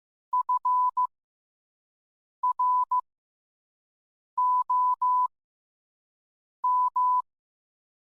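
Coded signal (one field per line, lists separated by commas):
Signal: Morse code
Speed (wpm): 15 wpm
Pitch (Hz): 1000 Hz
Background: none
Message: FROM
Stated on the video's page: Morse code in a fictional story episode, accompanying a poem by John Keats.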